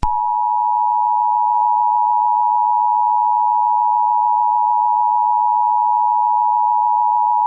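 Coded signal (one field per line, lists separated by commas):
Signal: Emergency Alert System (SAME) tones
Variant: 853 and 960 Hz attention tone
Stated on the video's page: Mock EAS alert for a tsunami in Hawaii and California.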